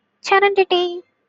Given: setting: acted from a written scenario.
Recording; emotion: vocal sound without words; serenity